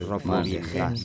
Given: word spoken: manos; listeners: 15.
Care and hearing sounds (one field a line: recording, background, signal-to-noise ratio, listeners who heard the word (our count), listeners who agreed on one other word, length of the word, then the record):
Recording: one Spanish word in noise, from a listening test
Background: four-talker babble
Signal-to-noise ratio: -2.4 dB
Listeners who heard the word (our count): 0 of 15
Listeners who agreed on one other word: 12 of 15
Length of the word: 0.64 s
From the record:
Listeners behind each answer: 12, 1, 1, 1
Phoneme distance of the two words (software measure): 38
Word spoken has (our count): 2 syllables, 5 phonemes, stress on syllable 1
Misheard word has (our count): 2 syllables, 5 phonemes, stress on syllable 1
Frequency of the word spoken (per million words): 247.35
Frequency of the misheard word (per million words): 14.15